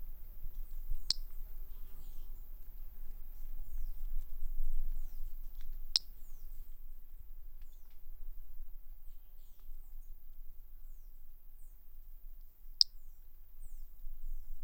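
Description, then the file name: Brachycephalus tridactylus giving three brief, sharp, high-pitched notes spaced several seconds apart, over quiet low rumbling background. Individual 05, specimen collected for the CFBH collection, recorded by M.R. Bornschein. "Brachycephalus tridactylus individual 05 collected CFBH-individual 06 by MR Bornschein"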